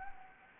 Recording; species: mosquito wingbeat signal from an infrared sensor; Anopheles gambiae